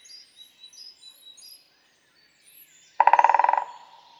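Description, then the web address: Great spotted woodpecker drumming: one short, rapid burst of fast taps lasting under a second, after faint high calls of other birds. "pic epeiche. oiseaux de nos forets"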